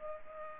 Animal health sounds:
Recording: mosquito wingbeat signal from an infrared sensor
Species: Culex pipiens

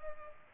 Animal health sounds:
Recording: mosquito wingbeat signal from an infrared sensor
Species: Culex pipiens

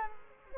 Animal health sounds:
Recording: mosquito wingbeat signal from an infrared sensor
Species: Culex quinquefasciatus

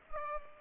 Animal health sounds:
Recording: mosquito wingbeat signal from an infrared sensor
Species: Culex pipiens

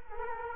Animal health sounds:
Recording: mosquito wingbeat signal from an infrared sensor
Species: Culex quinquefasciatus

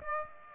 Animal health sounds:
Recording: mosquito wingbeat signal from an infrared sensor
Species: Aedes aegypti

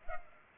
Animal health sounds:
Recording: mosquito wingbeat signal from an infrared sensor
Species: Culex pipiens

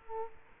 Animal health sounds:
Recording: mosquito wingbeat signal from an infrared sensor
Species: Culex quinquefasciatus

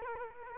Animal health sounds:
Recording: mosquito wingbeat signal from an infrared sensor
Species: Culex quinquefasciatus

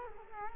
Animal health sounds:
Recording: mosquito wingbeat signal from an infrared sensor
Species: Culex quinquefasciatus

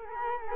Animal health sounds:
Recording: mosquito wingbeat signal from an infrared sensor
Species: Culex quinquefasciatus

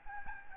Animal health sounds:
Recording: mosquito wingbeat signal from an infrared sensor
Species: Aedes albopictus

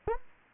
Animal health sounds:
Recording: mosquito wingbeat signal from an infrared sensor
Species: Anopheles gambiae

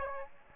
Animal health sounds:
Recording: mosquito wingbeat signal from an infrared sensor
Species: Aedes aegypti

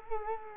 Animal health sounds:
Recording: mosquito wingbeat signal from an infrared sensor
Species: Culex quinquefasciatus

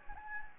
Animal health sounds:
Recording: mosquito wingbeat signal from an infrared sensor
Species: Anopheles gambiae

